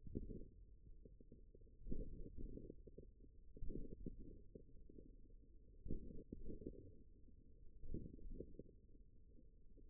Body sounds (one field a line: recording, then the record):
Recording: forearm muscle sounds (acoustic myography)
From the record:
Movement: tripod grip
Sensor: system 1, eight BSWA MPA416 microphones around the upper forearm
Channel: 3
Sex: male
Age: 41 years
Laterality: right